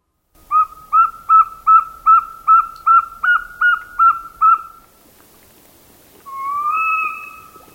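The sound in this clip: Northern saw-whet owl calls: a steady series of eleven short whistled toots, about two and a half per second, followed after a pause by one longer, drawn-out whistle.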